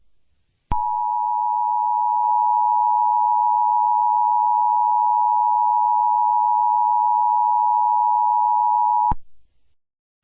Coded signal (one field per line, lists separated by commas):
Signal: Emergency Alert System (SAME) tones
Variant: 853 and 960 Hz attention tone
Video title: EAS SCENARIO : CONTAGIOUS DISEASE WARNING